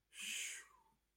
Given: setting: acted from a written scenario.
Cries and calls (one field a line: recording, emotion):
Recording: vocal sound without words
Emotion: relief